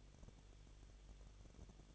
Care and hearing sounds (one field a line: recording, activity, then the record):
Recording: daily activity, microphone in the room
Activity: no activity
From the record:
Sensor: 4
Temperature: 23.0 degrees Celsius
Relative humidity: 34.3%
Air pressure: 1007.3 hPa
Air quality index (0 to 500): 217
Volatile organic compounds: 15 ppm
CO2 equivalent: 2521 ppm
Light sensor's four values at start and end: 2/3/1/1 and 2/3/1/1